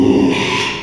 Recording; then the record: squeal of a Yucatan mini pig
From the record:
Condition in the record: after surgery on the right vocal fold (resection and tissue-engineered implant); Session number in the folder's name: 1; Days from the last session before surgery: 6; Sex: male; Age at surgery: 12 weeks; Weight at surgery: 13 kg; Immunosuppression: cyclosporine, prednisolone